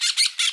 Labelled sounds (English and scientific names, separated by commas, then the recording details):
Brown-throated Parakeet (Eupsittula pertinax) contact call
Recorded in Bonaire
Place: 1 km E of roosting area just N of Seru Largu
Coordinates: 12.199, -68.268